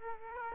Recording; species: mosquito wingbeat signal from an infrared sensor; Aedes aegypti